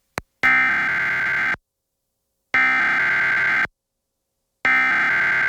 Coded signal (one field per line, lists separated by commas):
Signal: Emergency Alert System (SAME) tones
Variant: header bursts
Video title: EAS - Special Marine Warning on TV (WBNX-TV, 6/12/2026)